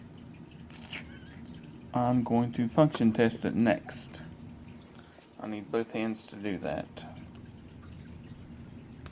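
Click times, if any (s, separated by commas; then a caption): 9.1 s. A reinstalled metal extractor in the slide of a Beretta PX4 Storm compact pistol is pushed during a function test while someone talks. The extractor snaps back into place with a sharp click at 9.1 s.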